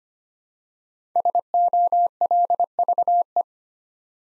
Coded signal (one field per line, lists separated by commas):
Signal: Morse code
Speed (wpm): 25 wpm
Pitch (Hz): 700 Hz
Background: none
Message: SOLVE